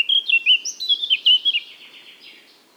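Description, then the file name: Eurasian blackcap giving a short, loud, fluting warble of quick clear notes that fades away into a soft trailing twitter. "Sylvia atricapilla"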